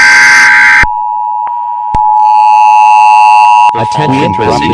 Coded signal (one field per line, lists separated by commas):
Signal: Emergency Alert System (SAME) tones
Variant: 853 and 960 Hz attention tone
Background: speech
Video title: USA EAS Alarm Quadparsion 3